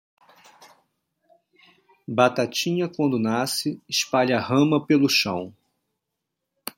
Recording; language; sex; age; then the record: short text; Brazilian Portuguese; male; 40 to 49 years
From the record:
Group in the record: control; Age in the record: 42 years